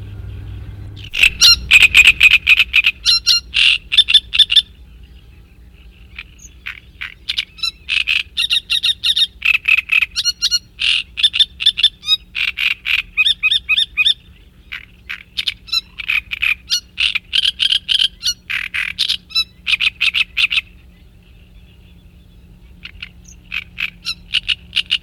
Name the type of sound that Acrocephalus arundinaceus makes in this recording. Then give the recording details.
song. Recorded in the wild. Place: Burgas, BG. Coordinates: 42.505, 27.463. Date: 1974-06-03. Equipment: Nagra III BH, Sennheiser MD 21, parabola. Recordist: Schubert, Michael